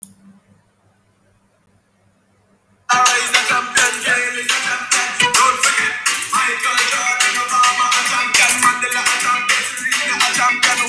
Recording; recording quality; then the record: sustained vowel as in made; poor, much background noise or distortion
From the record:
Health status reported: COVID-19 positive, no symptoms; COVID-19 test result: positive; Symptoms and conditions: breathing difficulty, diarrhoea, asthma, chronic lung disease, diabetes, ischaemic heart disease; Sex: other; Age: 77 years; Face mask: not worn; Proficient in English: yes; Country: France